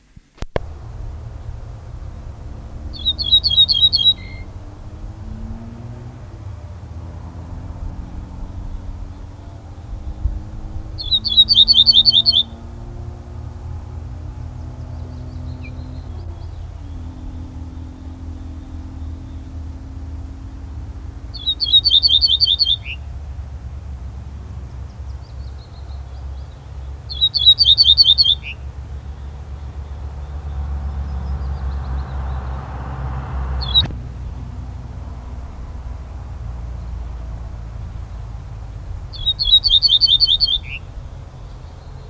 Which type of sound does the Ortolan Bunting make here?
song